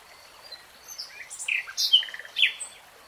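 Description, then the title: Nightingale song: scattered, varied high notes, some slurred and some buzzy, with a short stuttered run in the middle and soft background hiss. "[Tiếng chim hót] REALTIME Nightingale Singing"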